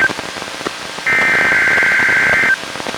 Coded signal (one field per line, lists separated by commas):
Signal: Emergency Alert System (SAME) tones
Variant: header bursts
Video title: EAS #550: NWR Required Weekly Test- Sep. 1, 2021- 12:00PM PDT